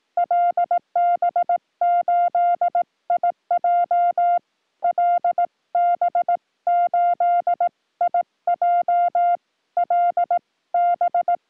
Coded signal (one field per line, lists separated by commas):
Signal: Morse code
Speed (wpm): 18 wpm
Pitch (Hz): 700 Hz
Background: music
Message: LB8IJ LB8IJ LB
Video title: 2. Save by North America DX This Day on CW POTA Activation